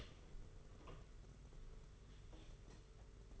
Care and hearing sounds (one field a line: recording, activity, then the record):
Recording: daily activity, microphone in the room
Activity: open door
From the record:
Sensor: 4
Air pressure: 992.4 hPa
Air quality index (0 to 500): 114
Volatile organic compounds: 22 ppm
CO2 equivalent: 2742 ppm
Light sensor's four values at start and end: 21/75/27/29 and 21/74/27/28